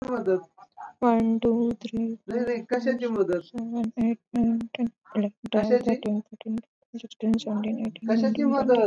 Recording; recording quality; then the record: counting at a normal pace; excellent, no background noise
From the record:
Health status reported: healthy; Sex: female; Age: 26 years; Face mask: not worn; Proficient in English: yes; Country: India